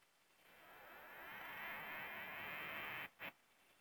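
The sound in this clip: Cicada (Cicadetta brevipennis): cicada song: a dense, hissing buzz that swells over about a second, holds steady for about one and a half more, then cuts off, followed by one short burst.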